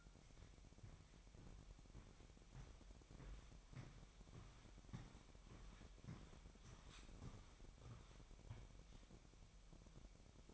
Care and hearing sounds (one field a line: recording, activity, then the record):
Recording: daily activity, microphone in the room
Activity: walk to room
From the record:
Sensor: 1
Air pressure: 1012.3 hPa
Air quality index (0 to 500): 195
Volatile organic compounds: 4 ppm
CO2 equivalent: 1569 ppm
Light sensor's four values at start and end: 81/195/82/87 and 77/183/78/82